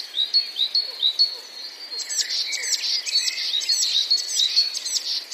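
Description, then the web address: Eurasian blue tit song opening with several high, thin introductory notes, followed by a quick, tinkling trill of rapidly repeated notes. "wroblowe teka spiew. wroblowe teka modraszkoteka"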